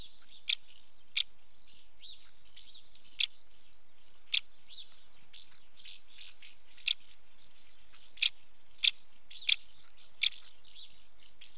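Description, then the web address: House martin chirping irregularly, with a burst of busier scratchy twittering midway, then a quicker run of sharp calls toward the end. Female calling at the nest entrance. "BBC Sound Effects Library. House Martin female calling at nest entrance"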